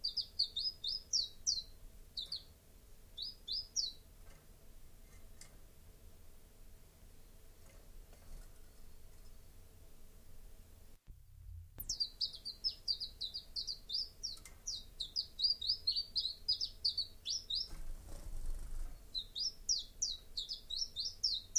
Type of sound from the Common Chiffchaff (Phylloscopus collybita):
song